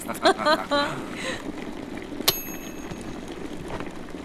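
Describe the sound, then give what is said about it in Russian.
A kettle coming to the boil: a steady bubbling rumble, a few short whistling chirps at the start, then one sharp bright click with a thin ringing tone that fades. “закипел чайник.”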